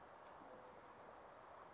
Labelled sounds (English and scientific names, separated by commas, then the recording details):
Brown Creeper (Certhia americana)
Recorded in Sonoma County, California